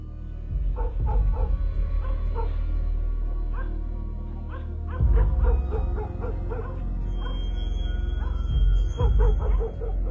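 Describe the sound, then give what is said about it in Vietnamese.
Several dogs, villagers' hunting dogs and police working dogs, bark excitedly in rapid, overlapping bursts with high yips and whimpers, loud and continuous over a low rumbling background with no talking, as they rush to a spot near the end of Mr. Khanh's large garden. “Cho đến khi bất giác, ngay một đoạn cách cuối khu vườn rộng của nhà ông Khanh, mấy con chó cứ thế sùng sục chạy sang bên đó, rồi chõ vào bên đó mà sủa nhấm nha nhấm nhặng lạ lắm.”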